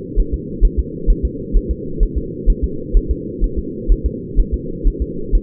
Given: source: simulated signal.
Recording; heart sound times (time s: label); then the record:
fetal heart sounds
0.19 s: S1
0.34 s: S2
0.65 s: S1
0.79 s: S2
1.10 s: S1
1.25 s: S2
1.56 s: S1
1.71 s: S2
2.03 s: S1
2.18 s: S2
2.50 s: S1
2.64 s: S2
2.97 s: S1
3.11 s: S2
3.44 s: S1
3.59 s: S2
3.92 s: S1
4.06 s: S2
4.40 s: S1
4.54 s: S2
4.88 s: S1
5.02 s: S2
5.35 s: S1
From the record:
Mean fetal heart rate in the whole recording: 130 bpm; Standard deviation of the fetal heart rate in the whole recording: 4 bpm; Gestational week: 38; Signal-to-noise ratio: -4.3 dB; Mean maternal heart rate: 72 bpm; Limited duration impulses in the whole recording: absent